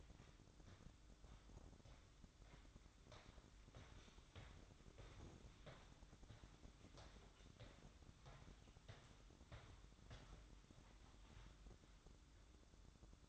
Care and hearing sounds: daily activity, microphone in the room; walk to room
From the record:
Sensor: 3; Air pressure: 1008.2 hPa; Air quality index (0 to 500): 132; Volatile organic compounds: 2 ppm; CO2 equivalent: 1093 ppm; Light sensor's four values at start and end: 10/23/9/9 and 9/21/8/8

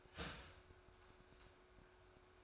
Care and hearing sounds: daily activity, microphone in the room; start toaster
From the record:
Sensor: 2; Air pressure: 1014.6 hPa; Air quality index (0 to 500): 196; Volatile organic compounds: 20 ppm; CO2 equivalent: 2690 ppm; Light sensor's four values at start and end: 4/9/3/3 and 4/9/3/3

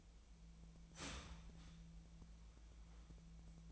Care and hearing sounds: daily activity, microphone in the room; start toaster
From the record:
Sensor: 1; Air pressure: 1009.4 hPa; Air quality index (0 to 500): 195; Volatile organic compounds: 19 ppm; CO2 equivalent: 2670 ppm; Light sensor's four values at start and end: 28/71/29/35 and 28/71/29/35

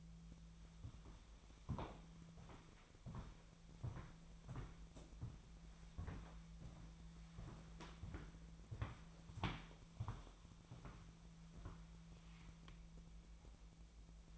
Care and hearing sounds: daily activity, microphone in the room; walk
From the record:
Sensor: 1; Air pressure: 1008.4 hPa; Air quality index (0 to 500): 190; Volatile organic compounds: 17 ppm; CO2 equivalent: 2574 ppm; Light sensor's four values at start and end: 19/47/19/22 and 19/49/20/23

